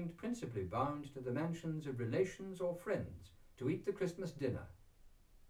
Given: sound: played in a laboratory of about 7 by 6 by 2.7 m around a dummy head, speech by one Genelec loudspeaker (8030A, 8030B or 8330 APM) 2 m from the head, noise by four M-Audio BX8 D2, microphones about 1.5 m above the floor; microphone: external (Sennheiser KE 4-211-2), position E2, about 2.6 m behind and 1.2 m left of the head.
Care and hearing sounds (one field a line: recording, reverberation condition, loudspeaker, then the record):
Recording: male speech in English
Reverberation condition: low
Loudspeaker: 60 degrees to the right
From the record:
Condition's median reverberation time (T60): about 310 ms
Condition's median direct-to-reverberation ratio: about 3.5 dB